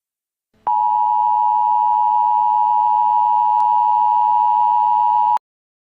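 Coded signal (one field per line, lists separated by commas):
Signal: Emergency Alert System (SAME) tones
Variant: 853 and 960 Hz attention tone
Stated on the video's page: Fictional EAS scenario made in Canva; the EAS tones are deliberately invalid.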